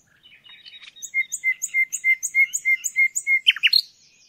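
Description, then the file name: Common nightingale song: a steady series of about ten clear repeated notes, ending in a quick high flourish. "Nachtigall"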